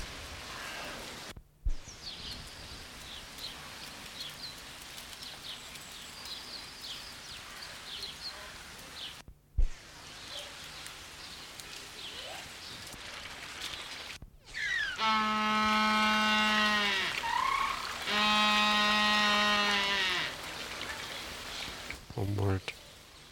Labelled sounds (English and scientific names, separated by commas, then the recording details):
Humboldt Penguin (Spheniscus humboldti) call
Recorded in captivity
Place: Zoo Berlin, Berlin, DE
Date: 1994-02-12 12:27
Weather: bedeckt, leichter Schneefall, um 0°C
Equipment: Marantz CP 430, Sennheiser MKH 416 T, Kopie Uher Variocord 263
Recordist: Tembrock, Günter